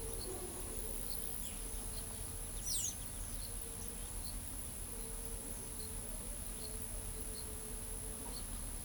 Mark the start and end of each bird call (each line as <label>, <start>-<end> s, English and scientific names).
Blue-gray Tanager (Thraupis episcopus), 2.62-2.93 s